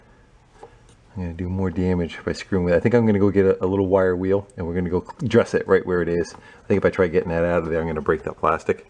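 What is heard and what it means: Someone talks while working a plastic part loose from its plastic mount inside an old Lincoln welder, near the fan and bearing area, then stops pulling on it for fear of breaking the plastic. Nothing has seated or clicked back into place yet by the end of the clip.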